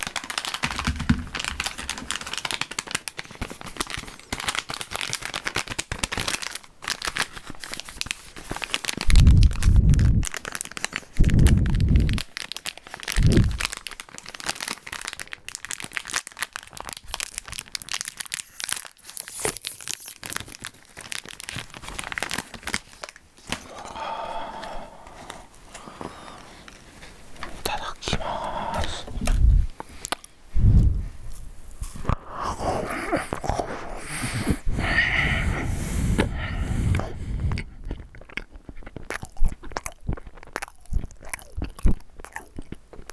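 Someone eats food, with dense, crackly bites and crunching through most of the clip. Several heavy low thumps land around 9 to 13 seconds and again near 30 seconds. The chewing thins out briefly near 23 seconds, then returns with crinkly, rustling bursts.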